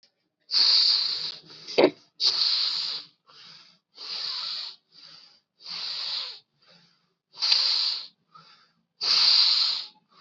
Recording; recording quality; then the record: deep breathing; excellent, no background noise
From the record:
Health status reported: COVID-19 positive, mild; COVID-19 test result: positive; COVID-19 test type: RT-PCR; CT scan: not taken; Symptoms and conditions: cough, cold, fever, fatigue, muscle pain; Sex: male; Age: 48 years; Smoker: no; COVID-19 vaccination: both doses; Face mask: worn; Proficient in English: yes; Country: India